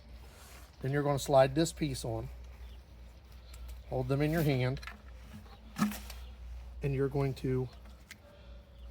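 A network cable connector with a waterproof gland, with its clip and sealing piece slid on, is held in hand before it goes into the slot on a WAVLINK AX3000 outdoor WiFi 6 extender. Someone talks, with brief faint handling ticks around 3.5 s, 6.1 s and 8.1 s. The connector has not been pushed home, and nothing has seated or clicked yet.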